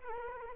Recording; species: mosquito wingbeat signal from an infrared sensor; Culex quinquefasciatus